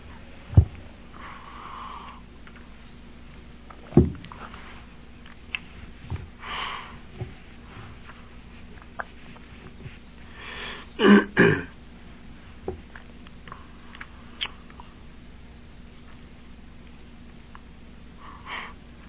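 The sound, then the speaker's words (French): Repeated short, congested sniffs through a nose stuffy from sinusitis, irregularly spaced, with a louder cluster of two or three sharp snorting sniffs midway, over a low steady background hum. “Excusez si je renifle comme un mufle.”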